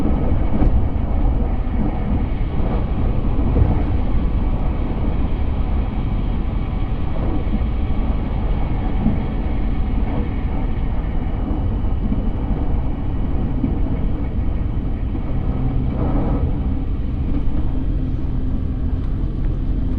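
A train ride on a railway journey: a dense, steady rumble of the moving train fills the whole stretch, heavy in the low end with a rougher rattle on top. Loudness barely changes, with only faint brief clanks and a slight swell near the sixteen-second mark.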